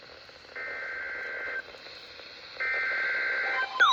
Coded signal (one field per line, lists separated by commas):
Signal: Emergency Alert System (SAME) tones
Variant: header bursts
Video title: KXI42 Severe Thunderstorm Watch #260. 6/1/26 EAS #646